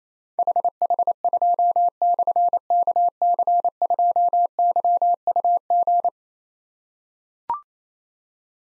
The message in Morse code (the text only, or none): HH2/KC2YUG